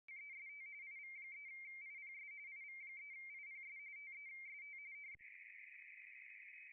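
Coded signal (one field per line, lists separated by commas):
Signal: RTTY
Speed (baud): 45.45 baud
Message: EST IV3IPS IV3IPS TEST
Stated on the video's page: RTTY in the ARI International DX Contest, single operator two VFO, low power, live stream.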